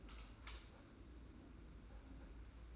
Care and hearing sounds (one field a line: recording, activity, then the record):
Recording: daily activity, microphone in the room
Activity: light on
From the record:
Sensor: 2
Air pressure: 991.8 hPa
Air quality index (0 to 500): 229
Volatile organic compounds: 1000 ppm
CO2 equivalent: 7666 ppm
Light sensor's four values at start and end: 11/27/11/11 and 12/29/11/11